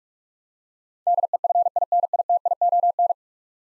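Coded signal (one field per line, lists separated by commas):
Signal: Morse code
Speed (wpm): 46 wpm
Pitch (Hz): 700 Hz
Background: none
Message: DEFINITION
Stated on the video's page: Head-copy drill of ten-letter words at 45 wpm, each word sent in Morse, spoken, then sent again.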